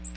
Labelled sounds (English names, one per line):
Magnolia Warbler flight call